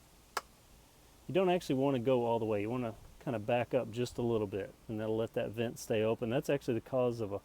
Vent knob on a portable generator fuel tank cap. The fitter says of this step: until it clicks. But what I've watched on videos is you see how it drops?